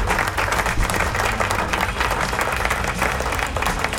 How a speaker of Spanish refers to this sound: Y volvimos a los estudios aquí de la nueva lechonera del Rock Aplauso. ¿Dónde están los aplausos? Ahí están.